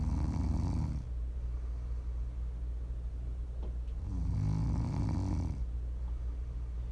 Prime ASMR snoring.